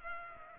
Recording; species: mosquito wingbeat signal from an infrared sensor; Culex pipiens